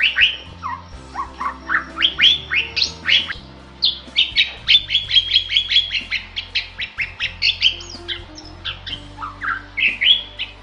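Bali myna calls: a long run of rapid chirps and whistled notes, some descending.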